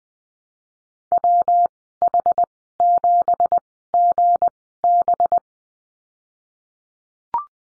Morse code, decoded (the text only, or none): WH7GB